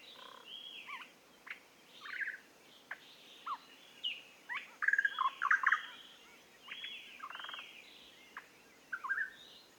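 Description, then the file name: Eastern nicator song: scattered whistled and chattering phrases over steady background hiss, loudest in a short cluster midway. "British Library - Eastern Nicator Nicator gularis"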